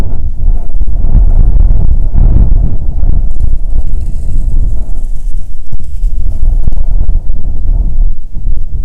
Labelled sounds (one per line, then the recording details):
wind
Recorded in the Prudhoe Bay oil fields, Alaska, on 7 August 2019 at 14:54
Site 17